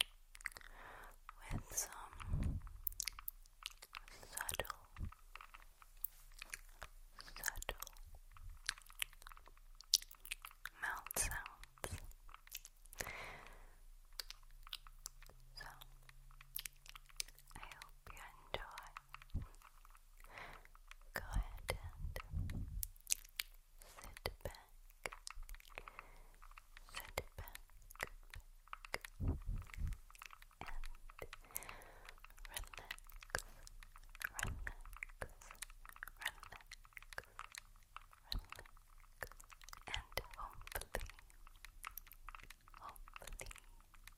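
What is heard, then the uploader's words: Quiet mouth sounds fill the recording: soft wet clicks, smacks and chewing-like crunches scattered densely and unevenly throughout. Sharper taps cut in at irregular moments, and a brief low hum appears around fifteen to twenty seconds. ASMR Subtle Mouth Sounds + Tapping On Tascam.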